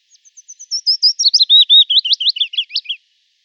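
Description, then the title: Willow warbler singing one phrase that opens with faint high notes, swells into clear whistles, then trickles downward in a liquid descending run of about three seconds. "Sylvain Jaskowiak - Mes piafs. Pouillot fitis"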